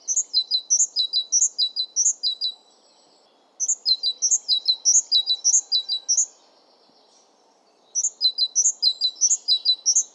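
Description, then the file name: Great tit song in three bursts of rapid repeated high two-note phrases, separated by short pauses, over faint background noise. "Great Tit Parus major"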